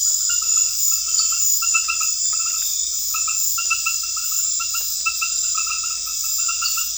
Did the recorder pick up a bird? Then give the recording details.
no. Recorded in pastures near Puerto Asís, Putumayo, Colombia, on 28 February 2025 at 21:30. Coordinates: 0.502, -76.324. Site GP07